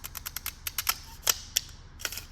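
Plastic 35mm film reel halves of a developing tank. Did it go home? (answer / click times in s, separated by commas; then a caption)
released / 1.6 s. The two halves of a plastic 35mm film developing reel from a developing tank are cranked forward, making a series of sharp, light ratcheting clicks. They click into the release position at 1.6 s so the halves can be pulled apart, and the reel is released.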